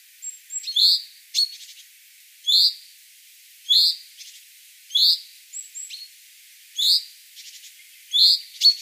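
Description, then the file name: Common chaffinch calling with sharp, emphatic chinks at irregular intervals of about a second, with faint high thin notes between calls. "Fringilla coelebs"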